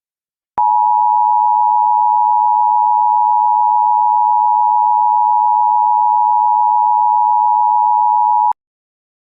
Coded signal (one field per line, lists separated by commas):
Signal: Emergency Alert System (SAME) tones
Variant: 853 and 960 Hz attention tone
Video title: EAS Mock #21: Cajon Pass Wildfire (8/16/16)